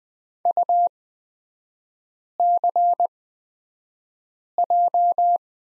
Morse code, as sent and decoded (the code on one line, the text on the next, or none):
..- -.-. .---
UCJ